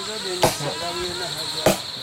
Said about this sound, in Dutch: De groepsleider zit nu met een gigantisch mes in een stuk hout te slaan om ons zitje te verstevigen, geloof ik. Ja, daar lijkt het op.